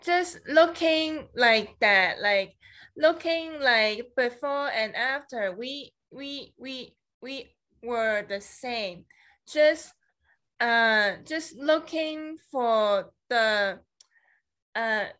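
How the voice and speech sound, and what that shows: An adult woman speaks in short, halting phrases separated by long pauses, repeating "we" several times and trailing off mid-sentence. The word-finding pauses, repetitions and incomplete phrases fit non-fluent aphasic speech after a stroke.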